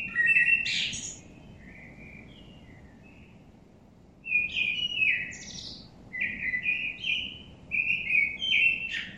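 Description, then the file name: Common blackbird sings: a high squeaky flourish and soft fading warbles, a pause, then a long run of fluty, melodic phrases with high chattering notes. "Turdus merula"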